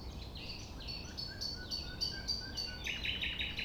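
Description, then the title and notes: Common nightingale song: rapid repeated whistled notes shifting pitch between phrases, ending in a fast, loud repeated trill, over a steady low background rumble. Recorded at 6 a.m. at sunrise near the Thève river at Champ de Ménage; the nightingale sings without waiting for silence. "6 A.M. Lever du soleil non loin de la Thève au Champ de Ménage. Le rossignol n'attend pas le silence."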